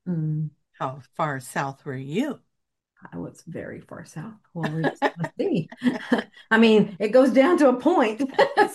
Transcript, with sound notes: How far south were you?
I was very far south.
(laughs)
Well, we'll just have to see. I mean, it goes down to a point.